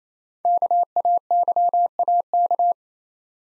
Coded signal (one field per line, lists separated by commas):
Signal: Morse code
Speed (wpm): 27 wpm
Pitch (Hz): 700 Hz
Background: none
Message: KAYAK